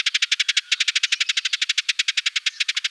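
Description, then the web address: Eurasian tree sparrow chatter: a dry, rapid rattle of harsh notes about ten per second, continuing almost without a break. "Passer montanus"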